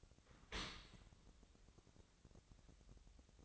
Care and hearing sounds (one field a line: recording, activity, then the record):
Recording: daily activity, microphone in the room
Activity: open dishwasher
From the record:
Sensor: 3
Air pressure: 1003.1 hPa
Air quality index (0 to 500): 198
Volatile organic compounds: 6 ppm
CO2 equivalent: 1926 ppm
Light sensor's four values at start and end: 35/86/37/40 and 35/86/37/40